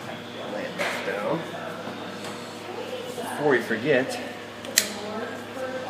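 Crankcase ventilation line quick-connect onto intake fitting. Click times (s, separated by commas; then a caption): 4.7 s, 4.8 s. A plastic crankcase ventilation line quick-connect on a Ford 3.5L DOHC engine is pushed onto its intake fitting while someone talks. Two sharp clicks are heard at 4.6 and 4.8 seconds, the second much louder. The quick-connect seats nice and tight.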